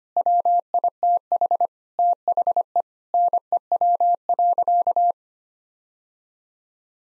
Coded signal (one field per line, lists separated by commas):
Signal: Morse code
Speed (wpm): 25 wpm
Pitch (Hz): 700 Hz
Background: none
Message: WITH THE NEW.